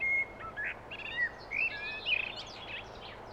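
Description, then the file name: Common blackbird singing a short whistled phrase that breaks into bright, squeaky twittering notes, heard against soft background hiss. "Turdus merula"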